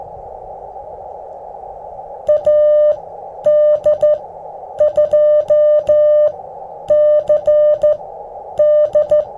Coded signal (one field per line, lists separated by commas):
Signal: Morse code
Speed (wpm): 14 wpm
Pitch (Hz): 600 Hz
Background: music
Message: AD2CD